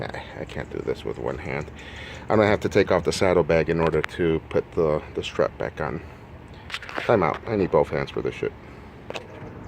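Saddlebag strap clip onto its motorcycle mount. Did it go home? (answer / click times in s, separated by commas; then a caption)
no / none. A rider handles the saddlebag strap clip on a 2008 Harley after refitting the mid-frame air deflector, getting set to push the strap back onto its mount on the motorcycle without taking the saddlebag off. Someone talks throughout, with a few brief handling noises. Nothing has seated or clicked yet.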